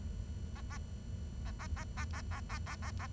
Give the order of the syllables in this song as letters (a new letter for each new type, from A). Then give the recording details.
A A A A A A A A A A A A. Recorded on 23 June 2012 at 10:31. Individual gr41rd51